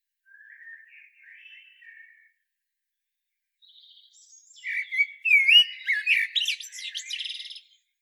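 Common blackbird singing, soft warbles at first, then a loud phrase of fluty whistles turning into rapid high-pitched squeaky twitters.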